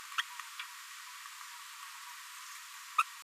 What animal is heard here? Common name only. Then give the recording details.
Green-rumped Parrotlet. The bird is a female. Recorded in a nest box in Venezuela. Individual 17B73B4